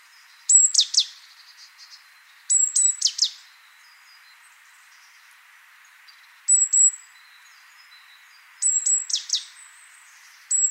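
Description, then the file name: Great tit calls: four phrases of high whistled notes followed by rough, down-slurred buzzes, spaced a few seconds apart, with a fifth beginning at the end. "Parus major"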